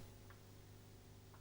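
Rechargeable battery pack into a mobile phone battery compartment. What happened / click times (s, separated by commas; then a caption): The battery pack was lined up against its contacts but not yet pushed home / none. A rechargeable battery pack is positioned in the front compartment of a BellSouth Ericsson GH198 mobile phone so that its top touches the connectors, with its base not yet pushed down. A faint tick sounds at 0.3 s and another around 1.3 s over a steady low hum. The battery has not clicked into place yet.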